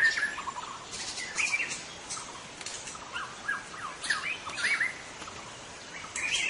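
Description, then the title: White-rumped shama song of short whistled notes and quick chirps in irregular bursts over continuous noise. In forest. "Suara burung murai batu hutan"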